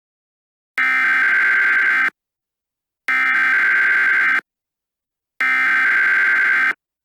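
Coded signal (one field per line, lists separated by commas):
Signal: Emergency Alert System (SAME) tones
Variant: header bursts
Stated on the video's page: Simulated EAS scenario, fictional Cold War-inspired retaliation alert.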